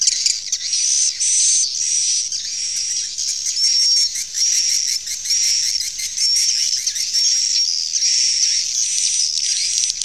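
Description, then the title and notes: Swiftlet calls: a dense, continuous stream of high buzzy chirps pulsing rapidly, with a thin wavering whistle running through it. Used in swiftlet farming in Asia. "Swiflet Bird Sound. Farming Swiflet Bird asia sound"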